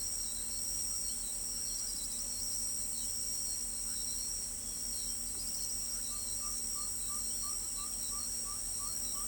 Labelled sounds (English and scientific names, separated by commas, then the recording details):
Tropical Kingbird (Tyrannus melancholicus), Ferruginous Pygmy-Owl (Glaucidium brasilianum)
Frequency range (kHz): Tropical Kingbird (Tyrannus melancholicus) 4.4-6.9 kHz; Ferruginous Pygmy-Owl (Glaucidium brasilianum) 1.0-1.3 kHz
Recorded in pastures near Pivijay, Magdalena, Colombia, on 4 June 2023 at 05:00
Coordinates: 10.456, -74.369
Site P6-G026